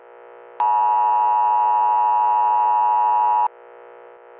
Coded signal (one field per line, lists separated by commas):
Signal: Emergency Alert System (SAME) tones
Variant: 853 and 960 Hz attention tone